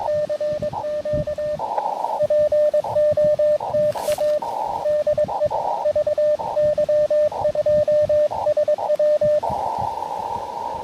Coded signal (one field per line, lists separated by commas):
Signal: Morse code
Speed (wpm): 23 wpm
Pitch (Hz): 600 Hz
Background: radio noise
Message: CQ POTA DE VY2SW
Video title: Cap Tourmente: Can I Complete a QRP CW POTA Activation Before the Park Closes?